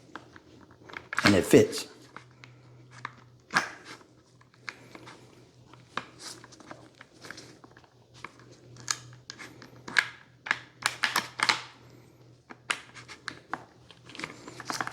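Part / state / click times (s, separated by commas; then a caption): trigger group into shotgun receiver / not seated / none. A trigger group is handled at the metal receiver of a Stoeger M3000 shotgun during reassembly while someone talks. Scattered sharp taps and scrapes of handling are heard, loudest around 1.3 s, 3.6 s and between 10.0 and 11.5 s, over a faint steady low hum. Nothing has seated or clicked yet; the trigger group is not yet locked into the receiver.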